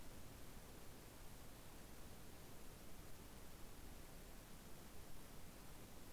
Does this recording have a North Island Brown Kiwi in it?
no